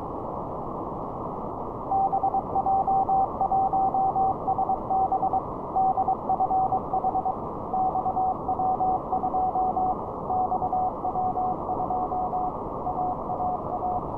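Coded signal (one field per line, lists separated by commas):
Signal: Morse code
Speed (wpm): 22 wpm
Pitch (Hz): 780 Hz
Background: none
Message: BJ1SB DFH XW2 XW2 AAA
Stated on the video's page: XW-2A satellite over Thailand on 145.66 MHz, received with an RTL-SDR and two 9-element antennas.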